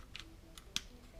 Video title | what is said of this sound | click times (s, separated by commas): How to: Remove the Automatic Shift Knob Cap - 2016-2024 Camaro SS, LT, ZL1 | Snaps in place. | 0.8 s